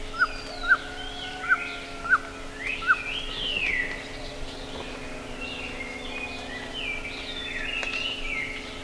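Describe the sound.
Bird calls: five sharp, high chirps in the first three seconds, then looping warbled phrases from other birds over a steady low hum.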